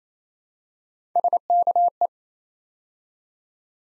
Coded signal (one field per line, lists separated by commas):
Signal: Morse code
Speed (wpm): 27 wpm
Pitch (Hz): 700 Hz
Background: none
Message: SKE